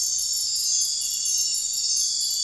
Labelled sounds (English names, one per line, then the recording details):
none
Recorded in secondary vegetation near Puerto Asís, Putumayo, Colombia, on 4 March 2025 at 01:00
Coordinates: 0.499, -76.323
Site G094